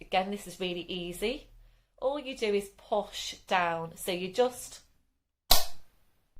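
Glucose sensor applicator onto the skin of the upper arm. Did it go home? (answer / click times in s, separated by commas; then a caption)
yes / 5.5 s. Someone talks while a loaded plastic Libre glucose sensor applicator is pushed down against the back of the upper arm. It fires with one sharp, loud click at 5.5 s. The cannula goes into the skin and the adhesive sensor sticks to the arm, so the sensor is seated.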